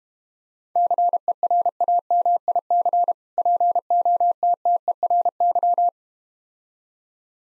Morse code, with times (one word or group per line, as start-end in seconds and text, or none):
0.8-3.1 CERAMIC
3.4-5.9 POTTERY